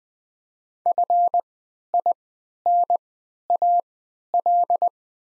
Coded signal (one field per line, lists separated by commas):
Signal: Morse code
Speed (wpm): 20 wpm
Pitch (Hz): 700 Hz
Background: none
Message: FINAL